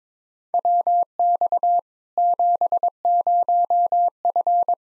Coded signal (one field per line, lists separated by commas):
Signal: Morse code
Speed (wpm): 22 wpm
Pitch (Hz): 700 Hz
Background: none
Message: WX 70F